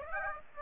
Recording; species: mosquito wingbeat signal from an infrared sensor; Aedes aegypti